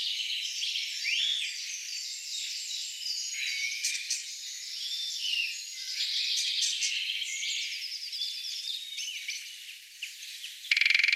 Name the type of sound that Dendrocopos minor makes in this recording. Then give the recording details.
drumming. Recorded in the wild. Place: Oberrotweil am Kaiserstuhl, Baden-Württemberg, DE. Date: 1996-04-05. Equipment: Dat-Recorder Casio DA 7, Telinga DAT, Telinga-Parabolspiegel. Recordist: Schwarz, Dieter